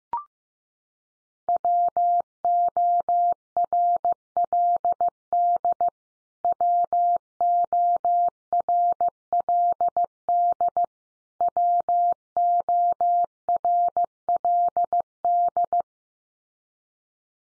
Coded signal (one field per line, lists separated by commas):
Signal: Morse code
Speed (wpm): 15 wpm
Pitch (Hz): 700 Hz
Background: none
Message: WORLD WORLD WORLD